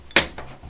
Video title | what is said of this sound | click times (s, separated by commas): How to build a gaming PC - easy to follow step-by-step guide with chapters! | you hear that click down in the corner here I have HD audio I'm | 0.2 s